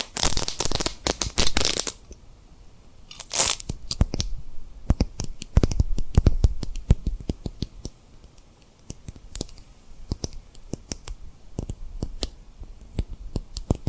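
Tapping and rubbing on a rhinestone surface, opening with a dense, bright scratchy rub for about two seconds and a short hiss near three and a half seconds. After that come sharp, irregular clicks and taps, sometimes in quick clusters, over a faint steady hum.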